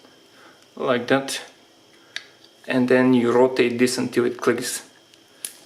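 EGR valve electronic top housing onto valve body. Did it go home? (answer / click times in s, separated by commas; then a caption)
yes / 5.4 s. Someone talks while the electronic top housing of a Peugeot/Citroen 1.6 HDi EGR valve is set back onto its contacts on the valve body and rotated. A soft click at 5.5 s marks the housing seating into place.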